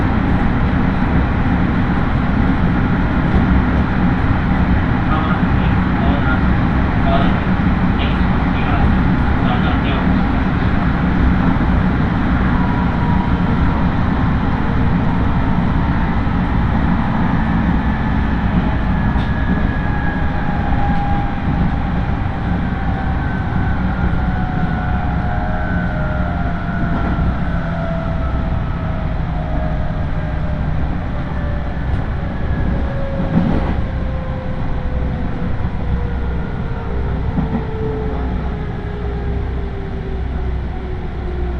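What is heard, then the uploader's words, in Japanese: A local train on the Tokaido Main Line between Toyohashi and Nishi-Okazaki, with a dense, steady low rumble throughout. From about twenty seconds, a whining motor tone slides steadily downward as the train slows. A few sharp clacks stand out near 33 seconds. 東海道本線各駅停車 豊橋→西岡崎。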